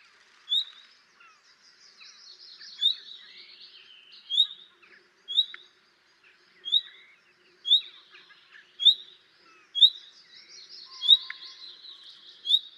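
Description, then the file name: Common nightingale: many short rising whistles repeated every second or so, mixed with soft warbling and chattering phrases throughout. "Luscinia megarhynchos"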